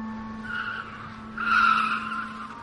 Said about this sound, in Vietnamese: Tiếng thắng xe gấp lại.